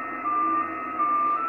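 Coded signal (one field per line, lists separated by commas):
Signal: JT65, JT9 or WSPR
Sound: a steady single tone hopping slightly in pitch every fraction of a second over hiss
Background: radio static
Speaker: probably wondering what the strange noises coming from radio it's not an intelligent alien life on a different planet trying to contact us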